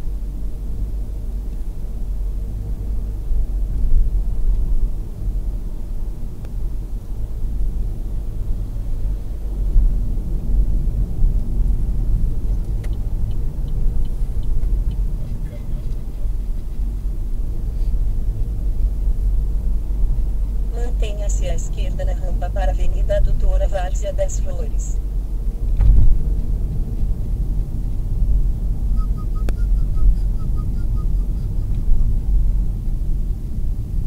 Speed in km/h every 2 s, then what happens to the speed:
58, 59, 59, 58, 59, 58, 60, 58, 58, 59, 59, 59, 60, 58, 57, 54, 49.
0-25 steady at about 59. 25-34 slows to 49.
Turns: none.